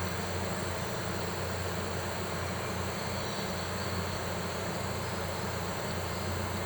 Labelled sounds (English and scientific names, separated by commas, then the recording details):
none
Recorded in pastures near Puerto Asís, Putumayo, Colombia, on 9 March 2025 at 13:00
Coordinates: 0.466, -76.322
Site CSA-02